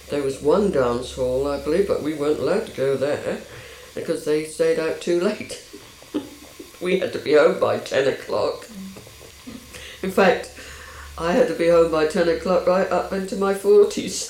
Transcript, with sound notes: There was one dance hall I believe but we weren't allowed to go there. Because they stayed out too late. [chuckles] We had to be home by ten o'clock. [laughs]
Mhm.
In fact, I had to be home by ten o'clock right up into my forties.